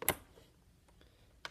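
The lid of a countertop vacuum bag sealer is pressed down over a plastic bag holding a coin tray so it latches before sealing. A sharp click sounds at 0.1 s as the lid snaps shut and seats, followed by near quiet with faint ticks and another short click near the end.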